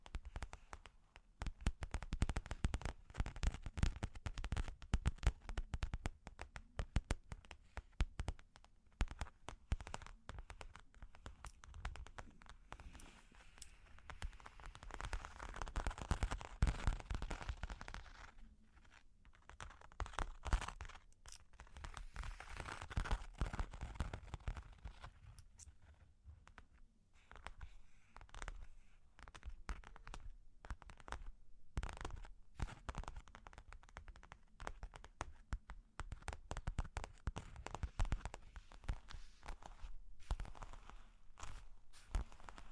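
Long claws tap and scratch in a dense, irregular stream of sharp clicks that runs nearly the whole time. The activity swells into thicker, scraping bursts around 14–24 seconds, then thins to sparser, choppier taps with brief quiet gaps.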